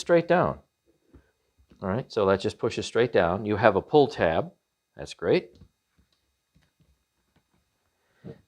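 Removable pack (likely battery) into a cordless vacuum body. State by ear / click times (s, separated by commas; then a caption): not seated / none. A removable pack, likely a battery, with a pull tab is oriented and lined up on the body of a Maircle S3-PRO cordless vacuum so it can be pushed straight down into place. Someone talks for most of the clip, with a few faint handling sounds in the quiet gaps. Nothing has seated or clicked yet.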